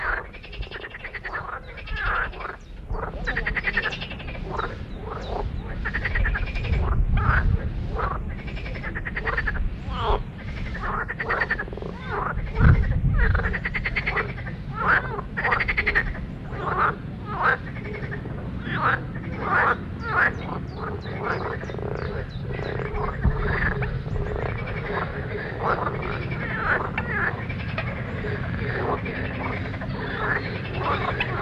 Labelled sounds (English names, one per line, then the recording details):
Marsh Frog call
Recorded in the wild
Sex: male
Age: adult
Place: Wernsdorfer See, Brandenburg, DE
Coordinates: 52.3775, 13.7033
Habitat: lake
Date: 1967-05-29
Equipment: Uher 4000 Report L
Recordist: Günther, Rainer